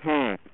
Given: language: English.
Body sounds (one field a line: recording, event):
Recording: throat vibration sensor signal played as sound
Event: speech